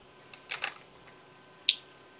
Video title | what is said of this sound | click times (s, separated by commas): first time gun buyers guide part 2 | case on the side just top it just tap the thing you'll hear her snap it'll go in | 1.7 s